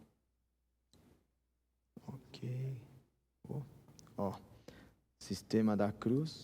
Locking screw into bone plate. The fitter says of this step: e até travar ok